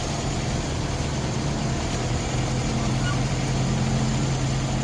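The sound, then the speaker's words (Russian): A Moskvich car engine rumbles steadily with a low, droning hum and a broad hiss of noise as the car drives away from a cemetery, holding an even loudness throughout the few seconds without fading out. “Изрядно наследив, москвич уехал с кладбища.”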